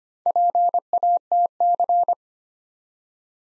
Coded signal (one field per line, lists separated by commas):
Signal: Morse code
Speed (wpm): 25 wpm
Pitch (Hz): 700 Hz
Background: none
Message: PATC